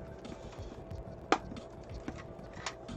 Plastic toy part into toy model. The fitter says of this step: know clearly this needs to snap into place there